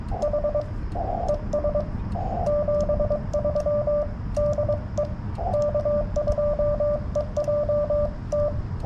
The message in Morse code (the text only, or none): H ES 73 DE K2EJT